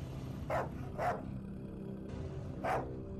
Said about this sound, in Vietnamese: Mấy tiếng chó sủa phát ra ngay bên khiến cho ông Bưởi giật mình.